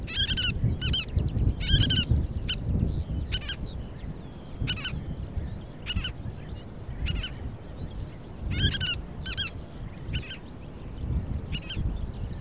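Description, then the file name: Collared pratincole calls, sharp harsh chattering notes given singly and in short bursts over several seconds, above a low rumbling background. "canasteracomun"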